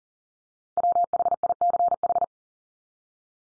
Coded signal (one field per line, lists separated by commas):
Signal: Morse code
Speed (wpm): 40 wpm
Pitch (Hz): 700 Hz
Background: none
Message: WHICH